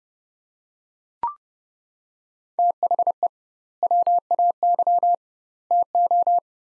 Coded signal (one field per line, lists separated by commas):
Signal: Morse code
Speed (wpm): 31 wpm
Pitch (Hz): 700 Hz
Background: none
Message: THE WAY TO